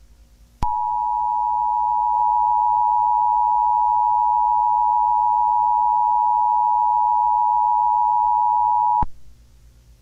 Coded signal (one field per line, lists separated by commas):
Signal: Emergency Alert System (SAME) tones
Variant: 853 and 960 Hz attention tone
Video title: EAS Mock: Required Monthly Test for the State Of New Jersey